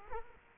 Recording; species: mosquito wingbeat signal from an infrared sensor; Culex quinquefasciatus